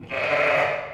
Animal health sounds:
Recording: contact call of a hoofed animal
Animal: sheep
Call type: low-frequency (closed-mouth) or high-frequency (open-mouth) call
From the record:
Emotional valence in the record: negative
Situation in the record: short social isolation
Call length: 0.94 s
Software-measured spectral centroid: 1830 Hz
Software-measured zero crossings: 2600 a second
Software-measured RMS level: -23 dBFS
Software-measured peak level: -8 dBFS

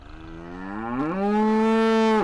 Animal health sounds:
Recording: contact call of a hoofed animal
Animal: cattle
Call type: low-frequency (closed-mouth) or high-frequency (open-mouth) call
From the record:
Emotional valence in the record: negative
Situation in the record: full separation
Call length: 2.3 s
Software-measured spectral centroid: 1720 Hz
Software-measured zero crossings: 1060 a second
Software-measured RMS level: -23 dBFS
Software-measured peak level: -17 dBFS

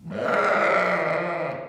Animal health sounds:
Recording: contact call of a hoofed animal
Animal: sheep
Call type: low-frequency (closed-mouth) or high-frequency (open-mouth) call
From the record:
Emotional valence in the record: negative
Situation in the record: short social isolation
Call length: 1.69 s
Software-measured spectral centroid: 1590 Hz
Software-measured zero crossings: 1860 a second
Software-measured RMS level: -24 dBFS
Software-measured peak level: -9 dBFS

